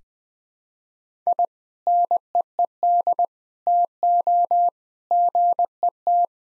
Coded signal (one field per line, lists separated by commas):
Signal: Morse code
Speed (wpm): 20 wpm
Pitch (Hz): 700 Hz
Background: none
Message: I NEED TO GET